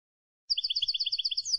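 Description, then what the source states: European goldfinch uttering a short rapid run of regularly repeated high paired notes, with faint low thumps beneath. Clean goldfinch song for copying, used to train song.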